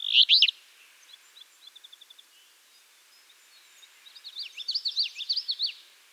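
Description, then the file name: Alder flycatcher giving a loud buzzy phrase at the start; other birds follow with a faint thin trill and a bright warbling song. "Empidonax alnorum - Alder Flycatcher"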